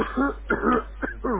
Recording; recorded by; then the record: voluntary cough; telephone call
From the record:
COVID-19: positive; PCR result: checked with the laboratory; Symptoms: no